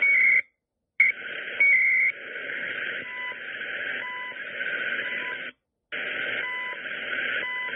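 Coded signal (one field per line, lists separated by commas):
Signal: radio time signal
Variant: CHU Canada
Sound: hissy radio band with brief 1 kHz ticks each second, steady high tones, short silences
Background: radio static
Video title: CHU Canada Time Signal 2/17/21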